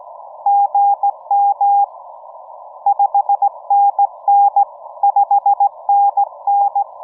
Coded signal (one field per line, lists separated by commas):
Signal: Morse code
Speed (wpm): 16 wpm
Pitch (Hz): 810 Hz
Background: none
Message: GM 5NN 5NN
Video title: POTA at Arches National Park, from DELICATE ARCH!